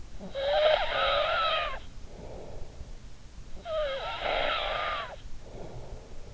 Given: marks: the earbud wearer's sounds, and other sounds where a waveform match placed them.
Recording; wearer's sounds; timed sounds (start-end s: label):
sounds in sleep by an in-ear microphone; snoring breath
0.15-2.78 s: snoring breath
3.23-6.34 s: snoring breath